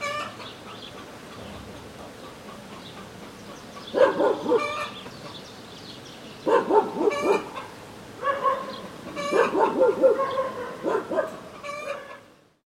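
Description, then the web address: Dogs barking in several bursts of sharp woofs and yips over a quiet, hissy outdoor background. Many dogs in a traffic-free village in the morning. "Hollywood Edge Historical Series. Traffic Free BG's. Village Morning. Many Dogs"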